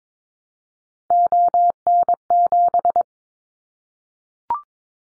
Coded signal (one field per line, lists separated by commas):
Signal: Morse code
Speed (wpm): 22 wpm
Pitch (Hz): 700 Hz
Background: none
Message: ON7